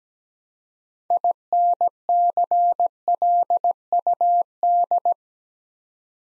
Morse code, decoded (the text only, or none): INCLUD